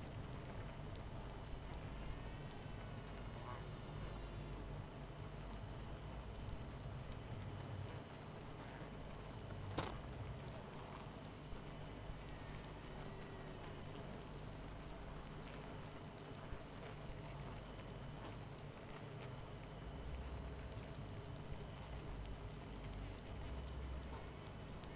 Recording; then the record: honeybee colony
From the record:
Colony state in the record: missing queen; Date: 14 July 2017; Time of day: 23:23